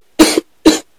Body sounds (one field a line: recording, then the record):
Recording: coughing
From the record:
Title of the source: 55 gaggy wet cough